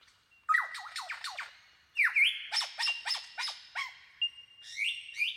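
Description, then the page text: Superb lyrebird song, quick bursts of harsh chattering notes mixed with looping whistles and short rising phrases, varied and continuous throughout. "Большая птица-лира - Superb Lyrebird (Menura novaehollandiae)"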